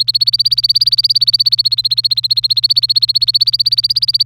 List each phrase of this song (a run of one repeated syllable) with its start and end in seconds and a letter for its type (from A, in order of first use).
0.00-4.26 A